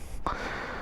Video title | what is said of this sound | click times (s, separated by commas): Taking the Can Am Ryker for a quick spin and a look at the accessories I installed. | So this is how that clicks into place, and then I put the original | 0.3 s